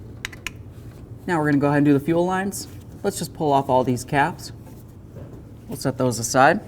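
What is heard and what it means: A gray plastic locking tab is pushed into the larger electrical connector on the fuel pump module of a 1994–2004 Chevy S10, giving sharp snaps at about 0.3 and 0.5 seconds. The lock seats in place, and then someone talks.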